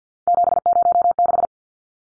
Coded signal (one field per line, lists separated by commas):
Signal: Morse code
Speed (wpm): 50 wpm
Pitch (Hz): 700 Hz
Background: none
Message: 706